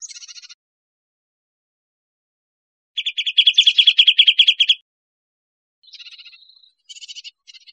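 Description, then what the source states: Bird giving a rapid high trill of evenly repeated notes, with shorter buzzy and chattering phrases before and after. Recorded in Costa Rica.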